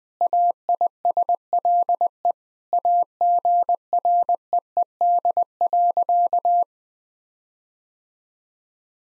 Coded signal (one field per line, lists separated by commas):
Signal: Morse code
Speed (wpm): 20 wpm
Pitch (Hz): 700 Hz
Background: none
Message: AISLE AGREED.